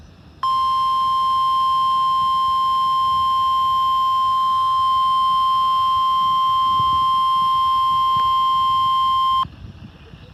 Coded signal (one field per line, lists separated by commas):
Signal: Emergency Alert System (SAME) tones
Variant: 1050 Hz attention tone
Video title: My last required weekly test on WWH38 Grove, Oklahoma [EAS #516]